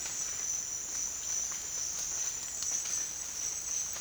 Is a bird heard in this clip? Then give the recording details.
no. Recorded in dense forest near Puerto Asís, Putumayo, Colombia, on 27 June 2025 at 09:00. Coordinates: 0.468, -76.322. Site GP03